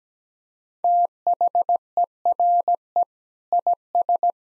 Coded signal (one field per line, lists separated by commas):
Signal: Morse code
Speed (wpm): 17 wpm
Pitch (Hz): 700 Hz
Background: none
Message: THERE IS